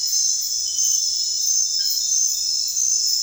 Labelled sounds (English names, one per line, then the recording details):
none
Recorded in secondary vegetation near Puerto Asís, Putumayo, Colombia, on 29 June 2025 at 23:00
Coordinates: 0.498, -76.327
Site GP09